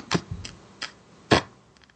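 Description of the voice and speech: An adult man produces several tense, forceful p-bursts before a loud release on his own name: a demonstrated hard stuttering block, the kind that comes out when he does not anticipate the stutter with a preparatory set.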